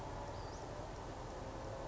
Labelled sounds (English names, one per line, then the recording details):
Western Flycatcher
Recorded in Sonoma County, California